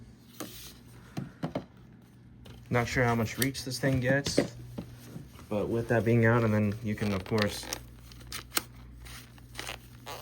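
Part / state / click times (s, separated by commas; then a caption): wand into vacuum hose/body / seated / 8.6 s. Someone talks while the plastic wand of a Riccar Vibrance vacuum is pulled out and twisted into the vacuum's hose and body, with a few light handling knocks and rattles. A sharp click at 8.6 s marks the wand twist-locking in place.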